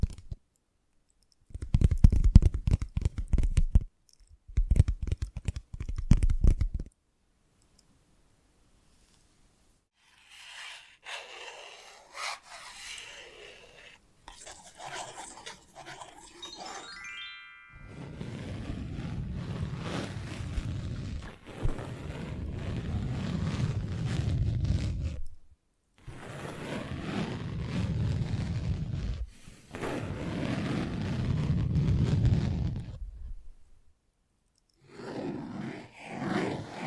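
Tapping, scratching and tracing sounds arrive in separate bursts with short silences between. Early on come loud, thick scratchy rubs, then quieter, hissy tracing around 10–17 seconds with a brief rising squeak near 17, followed by long low rasping strokes that continue to the end.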